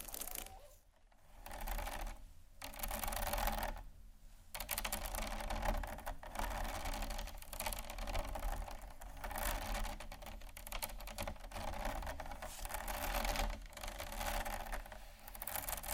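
Scratching triggers fill the clip with a dense, continuous rasping texture, fine and crackly across the bright upper range with a low rumble underneath. Brief quieter dips break it near one, two and a half, four and thirteen seconds, otherwise the scratching runs steadily at a fast, busy pace.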